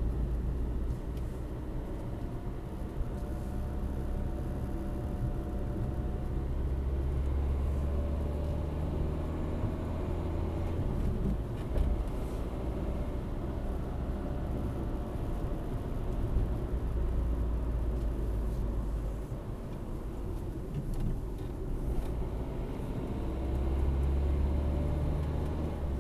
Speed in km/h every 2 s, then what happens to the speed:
48, 49, 51, 51, 61, 66, 68, 68, 56, 50, 49, 56, 60.
0-6 steady at about 49. 6-13 speeds up to 68. 13-20 slows to 49. 20-23 speeds up to 60.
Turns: none.